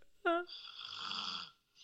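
An adult woman snoring in her sleep: a short, soft voiced note is followed by a single airy, gently rattling snore lasting about a second. It is a light, delicate snore, much quieter and less harsh than a heavy, loud snore.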